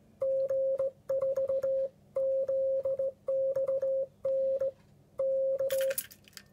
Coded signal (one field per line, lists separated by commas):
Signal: Morse code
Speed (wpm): 18 wpm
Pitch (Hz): 540 Hz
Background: none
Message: G4ZXN K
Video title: Meccanoflex Sideswiper (Cootie) Morse code key